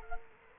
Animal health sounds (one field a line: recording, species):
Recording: mosquito wingbeat signal from an infrared sensor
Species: Culex quinquefasciatus